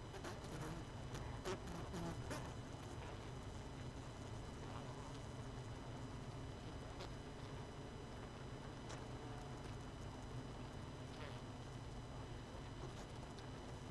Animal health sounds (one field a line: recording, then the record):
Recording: honeybee colony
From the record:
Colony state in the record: missing queen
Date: 31 May 2018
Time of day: 21:19